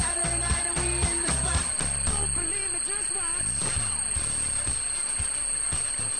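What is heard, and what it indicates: A funky pop song with a bouncy beat plays under a constant thin, high-pitched whine, and the music sounds dulled and muffled. This is a simulation of tinnitus combined with hearing loss, which makes a favourite song sound much rougher and not as fun.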